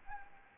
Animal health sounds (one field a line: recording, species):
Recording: mosquito wingbeat signal from an infrared sensor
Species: Anopheles arabiensis